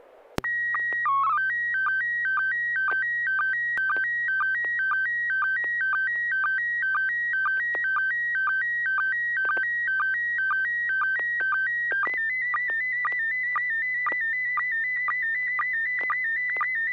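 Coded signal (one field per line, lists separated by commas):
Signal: SSTV (slow-scan television)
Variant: PD 120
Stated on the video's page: SSTV images exchanged on a weekly amateur net via an FM repeater on 441.300 MHz in Sacramento, sent with MMSSTV software.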